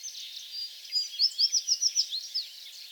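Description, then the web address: American tree sparrow giving a short, lively song of several quick, high notes above faint chirping from other birds. Recorded on 28 April 2022; several songs. "soundrecordings 2022-04-28 American Tree Sparrow songs"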